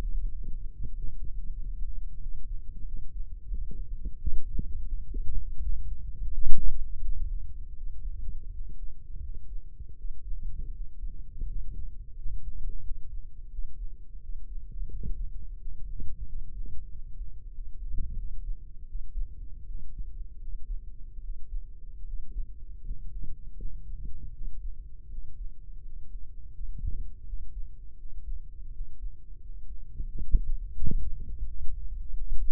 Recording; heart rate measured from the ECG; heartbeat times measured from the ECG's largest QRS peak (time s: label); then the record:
heart sounds by microphone in the left ear; 85 bpm
0.29 s: heartbeat
0.95 s: heartbeat
1.56 s: heartbeat
2.19 s: heartbeat
2.85 s: heartbeat
3.48 s: heartbeat
4.15 s: heartbeat
4.85 s: heartbeat
5.60 s: heartbeat
6.29 s: heartbeat
7.00 s: heartbeat
7.74 s: heartbeat
8.51 s: heartbeat
9.20 s: heartbeat
9.96 s: heartbeat
10.71 s: heartbeat
11.47 s: heartbeat
12.16 s: heartbeat
12.82 s: heartbeat
13.49 s: heartbeat
14.20 s: heartbeat
14.89 s: heartbeat
15.58 s: heartbeat
16.26 s: heartbeat
16.90 s: heartbeat
17.51 s: heartbeat
18.16 s: heartbeat
18.86 s: heartbeat
19.66 s: heartbeat
20.39 s: heartbeat
21.21 s: heartbeat
22.04 s: heartbeat
22.84 s: heartbeat
23.56 s: heartbeat
24.32 s: heartbeat
25.09 s: heartbeat
25.83 s: heartbeat
26.51 s: heartbeat
27.25 s: heartbeat
27.96 s: heartbeat
28.71 s: heartbeat
29.40 s: heartbeat
30.06 s: heartbeat
30.74 s: heartbeat
31.45 s: heartbeat
32.12 s: heartbeat
From the record:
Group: healthy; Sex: male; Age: 22 years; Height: 181 cm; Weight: 60 kg